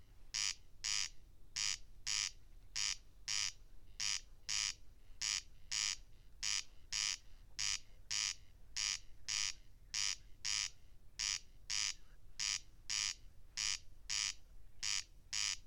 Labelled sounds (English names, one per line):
Corn Crake song